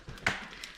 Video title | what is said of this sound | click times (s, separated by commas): Joie Mytrax Pro Pushchair Review | and it just clicks back into place so | 0.3 s